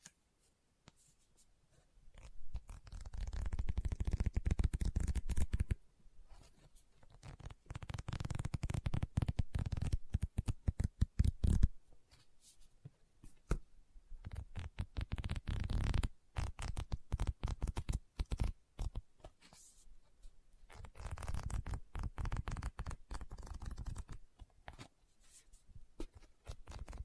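Tapping, scratching and page turning on a book, made of dense runs of quick taps and rustles, with a few sharp louder clicks near eleven and fifteen seconds. Activity comes in bursts separated by brief quiet gaps, mostly low and dull, with occasional papery hiss.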